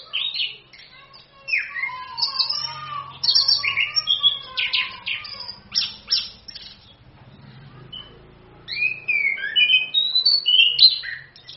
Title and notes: ANIS KEMBANG GACOR, ANIS KEMBANG NGEROL, PANCINGAN ANIS KEMBANG BIAR BUNYI. Masteran Anis Kembang